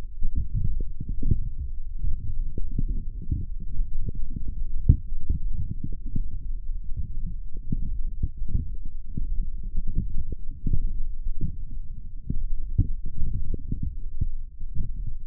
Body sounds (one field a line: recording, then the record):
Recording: forearm muscle sounds (acoustic myography)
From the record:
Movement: forearm pronation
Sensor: system 1, eight BSWA MPA416 microphones around the upper forearm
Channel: 8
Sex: male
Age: 21 years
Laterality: right